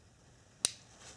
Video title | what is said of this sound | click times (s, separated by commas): Audi S4 MAP & Boost Pressure Sensor Replacement | okay here click press down you're good to go | 0.7 s